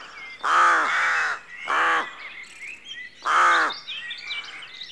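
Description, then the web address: Rook calls, loud harsh drawn-out caws over a backdrop of fainter twittering songbirds. Rookery at dawn, rural exterior atmosphere background. "BBC Sound Effects Library BBC 52-Exterior Atmospheres-Rural Backg 04 Rookery Dawn"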